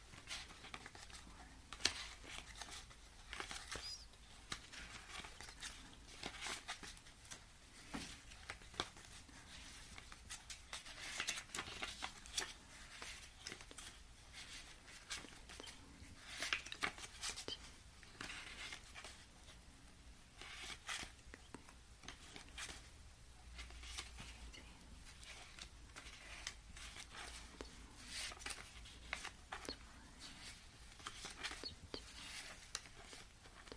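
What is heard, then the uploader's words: Cash being sorted, counted and spread out: a continuous run of quick, crisp paper flicks and rustles, dense and irregular across the whole stretch. Sharp brighter snaps stand out every second or so, over a faint low hum underneath. Cash sorting, counting, spreading.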